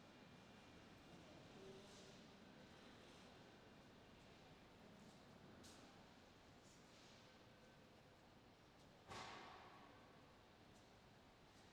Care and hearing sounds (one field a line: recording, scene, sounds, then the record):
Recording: everyday scene through a hearing-aid microphone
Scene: reverberant space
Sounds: background noise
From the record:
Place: railway station hall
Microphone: in the ear canal, left